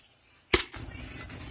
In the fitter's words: just clicks right into place so you don't have to worry about a hand dangling on the floor so